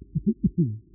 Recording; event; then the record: neck accelerometer signal played as sound; voluntary cough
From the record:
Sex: male